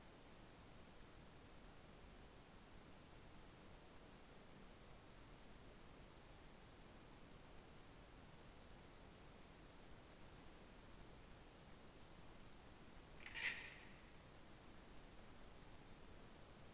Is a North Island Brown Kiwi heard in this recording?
no